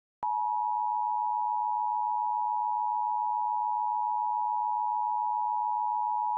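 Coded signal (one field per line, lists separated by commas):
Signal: Emergency Alert System (SAME) tones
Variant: 853 and 960 Hz attention tone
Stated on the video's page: Mock Emergency Alert System alert for a nuclear outbreak, described as using valid SAME tones.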